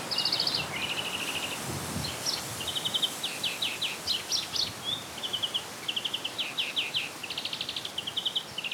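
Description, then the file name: European greenfinch calls: a run of short, fast trills and twittering rattles, repeated nearly without pause, over steady background hiss. "Chloris chloris"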